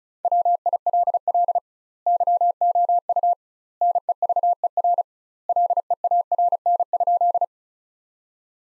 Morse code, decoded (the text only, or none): WILL YOU NEVER LEARN?